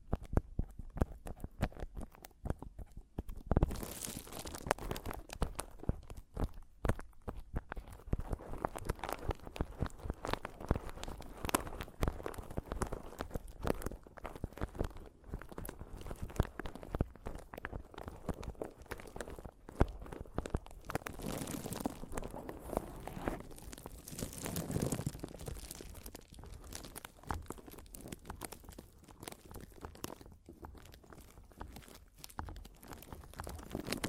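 Mic tapping and scratching, a dense, uneven run of crunchy scrapes and taps throughout, with louder scratchy bursts near 4, 21 and 25 seconds.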